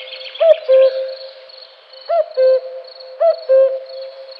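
Cuckoo giving three clear two-note calls, the first note higher than the second, with a faint high steady buzz behind.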